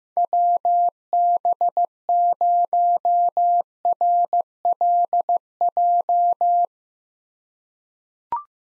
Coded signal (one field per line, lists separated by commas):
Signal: Morse code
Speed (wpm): 15 wpm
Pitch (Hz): 700 Hz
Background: none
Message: WB0RLJ